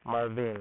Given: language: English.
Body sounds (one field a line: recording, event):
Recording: throat vibration sensor signal played as sound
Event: speech